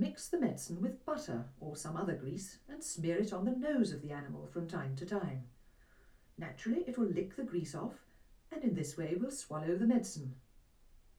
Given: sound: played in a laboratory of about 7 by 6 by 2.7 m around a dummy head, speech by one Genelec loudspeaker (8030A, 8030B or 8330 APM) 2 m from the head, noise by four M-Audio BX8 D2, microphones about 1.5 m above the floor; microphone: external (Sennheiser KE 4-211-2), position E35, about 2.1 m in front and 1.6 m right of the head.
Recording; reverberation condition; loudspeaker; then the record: female speech in English; low; 90 degrees to the left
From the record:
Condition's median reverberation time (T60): about 310 ms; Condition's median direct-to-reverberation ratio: about 3.5 dB